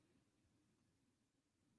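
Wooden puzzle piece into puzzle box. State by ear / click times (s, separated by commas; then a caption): not seated / none. A wooden puzzle piece is being handled at a wooden jewelry puzzle box, about to be pushed in. Only a faint, steady low hum and soft background noise are heard, with no sharp hit. Nothing has seated or clicked yet.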